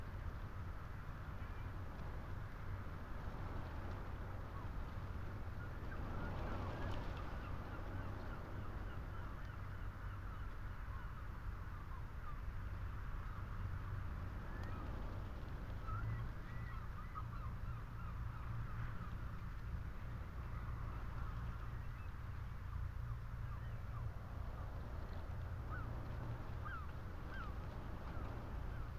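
Wind hums steadily through telegraph wires with a low droning tone under a dense rushing wash, while faint bird chirps flicker throughout.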